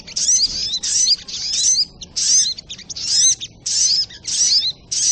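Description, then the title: Spiderhunter giving fast, high-pitched chattering phrases that run close together, some nearly continuous, with slurred squeaky notes inside each burst. Training recording (masteran) of a sogok ontong bird, song style called labaik. "Masteran Burung Sogok Ontong Labaik"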